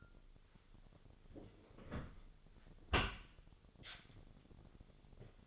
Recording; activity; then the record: daily activity, microphone in the room; close dishwasher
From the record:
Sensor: 4